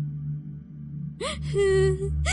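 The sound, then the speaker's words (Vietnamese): After a low steady hum, panicked footsteps sound from a staircase as a woman breaks into mournful crying: a gasping sob, then a long, high, wavering wail that trembles before another sob starts. “Lúc này, phía cầu thang truyền đến tiếng bước chân hoảng loạn, kèm theo tiếng khóc thê lương của một người phụ nữ.”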